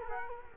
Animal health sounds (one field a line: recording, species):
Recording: mosquito wingbeat signal from an infrared sensor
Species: Culex quinquefasciatus